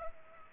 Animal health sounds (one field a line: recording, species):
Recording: mosquito wingbeat signal from an infrared sensor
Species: Culex pipiens